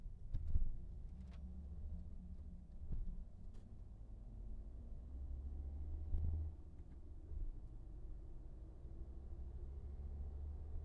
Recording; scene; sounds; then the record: everyday scene through a hearing-aid microphone; in a vehicle; engine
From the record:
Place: VW T5 Caravelle, diesel engine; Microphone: behind the ear, right, rear